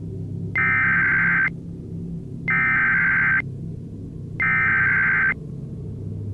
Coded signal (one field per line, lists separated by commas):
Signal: Emergency Alert System (SAME) tones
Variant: header bursts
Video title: 4 Scariest Emergency Alerts & EAS Alarms (Vol. 4)